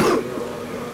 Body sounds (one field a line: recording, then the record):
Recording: coughing mixed with background sound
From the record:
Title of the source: Coughing 77